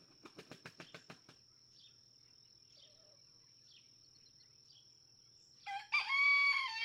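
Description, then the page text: Red junglefowl (chicken): a rooster begins crowing at the end after a quiet stretch; earlier comes a quick run of about eight sharp beats, with a steady high tone throughout. Several roosters, each with its own distinct crow, in a barnyard just outside Mammoth Cave National Park, Kentucky, June 2, 2010. "Birdsong for the Curious Naturalist Red junglefowl (chicken) No two roosters crow alike in this Kentucky barnyard. June 2, 2010. Just outside Mammoth Cave National Park, Kentucky."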